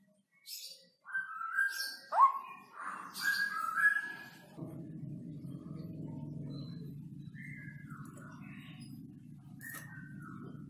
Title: Cucak ROWO Jantan GACOR Suara Lantang ROoo EL Panjang